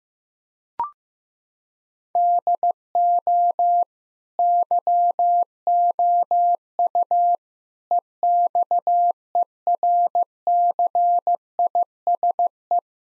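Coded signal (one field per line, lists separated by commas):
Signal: Morse code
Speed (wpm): 15 wpm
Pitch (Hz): 700 Hz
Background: none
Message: DO YOU EXERCISE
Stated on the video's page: Morse head-copy practice of sentences built from the top 1000 words at 15 wpm, each sent, then spoken, then sent again.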